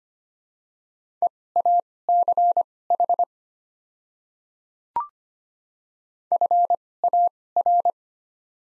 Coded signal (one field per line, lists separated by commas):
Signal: Morse code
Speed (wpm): 25 wpm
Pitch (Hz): 700 Hz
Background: none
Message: EACH FAR